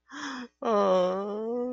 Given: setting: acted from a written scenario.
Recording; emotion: vocal sound without words; sadness